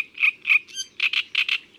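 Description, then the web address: Great reed warbler song fragment: harsh, grating notes alternating with croaky chirps in quick succession, with no other clear sounds. Recorded in May. "Mai La Rousserolle turdoide. les-4-saisons-des-chants-doiseaux"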